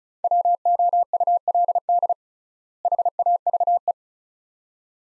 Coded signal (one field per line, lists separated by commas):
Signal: Morse code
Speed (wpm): 34 wpm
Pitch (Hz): 700 Hz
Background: none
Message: WOULD HAVE